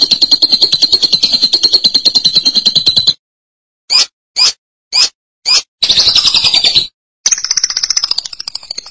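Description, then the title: Lovebird song: three seconds of fast buzzy chatter, four crisp, short chips, then two more stretches of rasping, twittering trill. "BM Suara Burung Lovebird"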